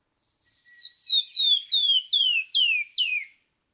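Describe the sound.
Canyon wren song: about nine bright, downward-slurred whistles descending in a tumbling cascade, each lower than the last, against silence.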